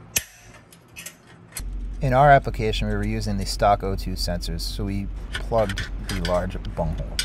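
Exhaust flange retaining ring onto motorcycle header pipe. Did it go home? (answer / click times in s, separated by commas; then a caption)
yes / 0.2 s. A retaining ring, spread with two pairs of pliers, snaps into its groove on the new header pipe of a Rinehart Racing Slimeline Duals header (100-0452) for a 2017-and-up Harley Touring motorcycle, where it holds the exhaust flange. A sharp click at 0.2 s marks the ring seating, followed by a few faint taps and a steady low hum. From about 1.6 s, someone talks.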